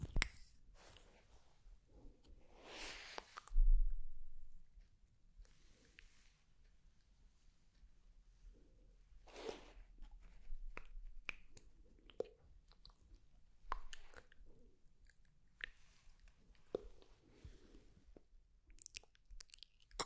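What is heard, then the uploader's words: Mouth sounds made up of wet clicks, smacks and chewing-like squishes, scattered irregularly across the clip. Louder bursts of breathy hiss stand out near three and nine seconds, with a steady low hum underneath and quiet pauses between the clusters of sharp clicks. TINGLY MOUTH SOUNDS ASMR.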